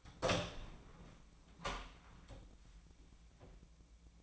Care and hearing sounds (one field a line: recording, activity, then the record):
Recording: daily activity, microphone in the room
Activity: open door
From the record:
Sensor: 1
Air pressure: 1009.3 hPa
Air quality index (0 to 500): 185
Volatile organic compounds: 4 ppm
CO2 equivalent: 1553 ppm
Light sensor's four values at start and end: 38/101/42/49 and 38/102/42/49